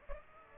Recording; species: mosquito wingbeat signal from an infrared sensor; Aedes aegypti